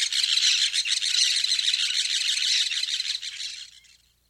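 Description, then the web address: Orange-chinned parakeet calls, rapid shrill screechy squawks in a busy stream, fading away over the final second. South America. "Natures Songs S America Orange-Chinned Parakeet"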